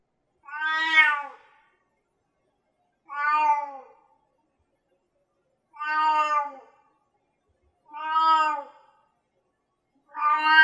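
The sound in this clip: Cat meowing: five similar plaintive meows about every two and a half seconds, with silence between, the last cut off.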